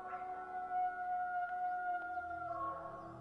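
A single long, howling call of the Falkland Islands wolf, extinct since 1875, holds a steady, fairly high pitch with a faint harmonic ring for about three seconds, brightening slightly near the end, with no talking.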